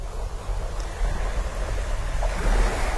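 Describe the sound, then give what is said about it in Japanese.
Foamy waves wash onto a coral beach in a steady, rumbling hiss, swelling louder twice as new surges roll in, with a low windy undertone and no voices. “サンゴの浜にうつ伏せに倒れ、泡立った波が背中を撫でる。”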